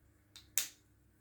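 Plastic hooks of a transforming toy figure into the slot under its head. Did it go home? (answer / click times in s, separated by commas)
yes / 0.6 s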